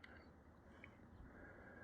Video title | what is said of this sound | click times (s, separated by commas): 2015 Chrysler Town and Country CV Axle Replacement | go go until it clicks and then I'll come back and do all five same order again | 0.0 s, 0.8 s